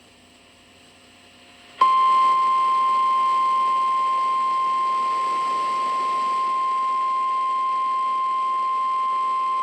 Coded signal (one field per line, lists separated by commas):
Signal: Emergency Alert System (SAME) tones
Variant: 853 and 960 Hz attention tone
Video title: EAS #2979 Severe Thunderstorm Warning on WZSR 6-22-24